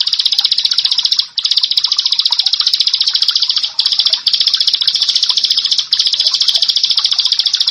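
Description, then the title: Bar-winged prinia singing a high, buzzy, rapidly repeated trill, broken by a few short pauses. "Ciblek Sawah"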